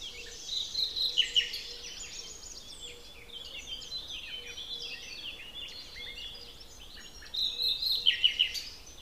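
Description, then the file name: Common nightingale song with runs of repeated clear notes, loudest near the start and again toward the end. "Luscinia megarhynchos"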